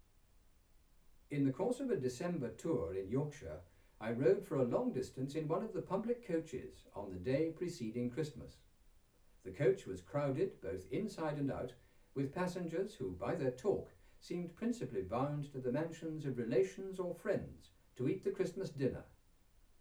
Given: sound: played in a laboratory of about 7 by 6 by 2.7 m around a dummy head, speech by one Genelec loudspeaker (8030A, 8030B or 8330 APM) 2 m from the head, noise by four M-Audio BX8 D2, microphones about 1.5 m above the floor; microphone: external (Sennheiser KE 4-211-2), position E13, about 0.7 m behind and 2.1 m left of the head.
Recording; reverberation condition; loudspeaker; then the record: male speech in English; low; in front (0 degrees)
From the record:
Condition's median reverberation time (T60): about 310 ms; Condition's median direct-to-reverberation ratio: about 3.5 dB